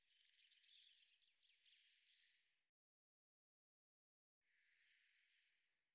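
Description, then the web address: Bird singing high, rapid phrases of falling notes over a faint hissing background, with a long quiet gap before a last weaker phrase. "cianscape birddata Deverinetal 2025 File cleaned normalized Bird Cy Ca"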